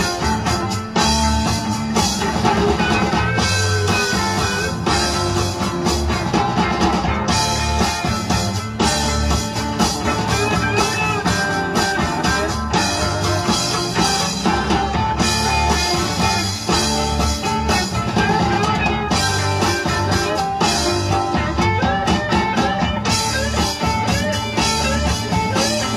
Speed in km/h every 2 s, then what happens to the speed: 21, 19, 16, 13, 10, 10, 8, 6, 8, 6, 5, 3, 2.
0-8 slows to 10. 8-17 steady at about 8. 17-26 slows to 2.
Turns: none.